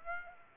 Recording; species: mosquito wingbeat signal from an infrared sensor; Aedes aegypti